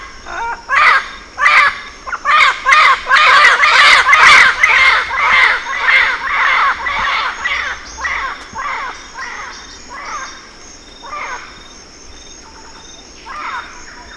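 Bird giving harsh, cawing calls in a rapid repeated series, about two per second, loudest in the middle and fading toward the end, with quieter calls trailing off.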